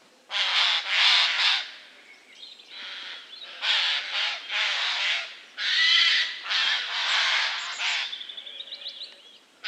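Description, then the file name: Eurasian jay giving loud, rasping screeches in several bursts, each a cluster of harsh scratchy notes, with short quiet gaps between them. "Garrulus glandarius"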